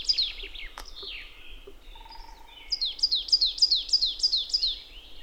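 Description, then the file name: Marsh tit calls: a few mixed slurred notes, then a quick run of about seven high, down-slurred chirps repeated evenly, with a faint low hum partway through. "Poecile palustris"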